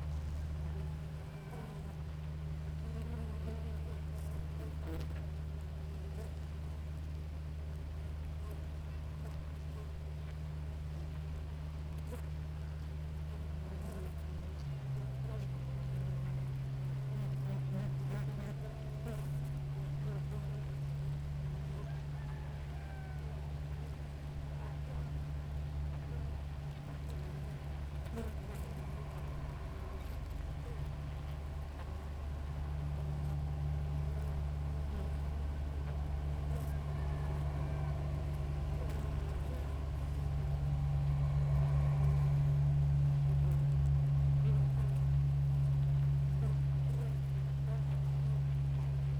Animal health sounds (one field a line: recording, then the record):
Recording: honeybee colony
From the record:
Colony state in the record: active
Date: 28 July 2017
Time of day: 6:07